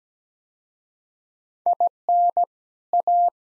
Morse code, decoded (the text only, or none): IN A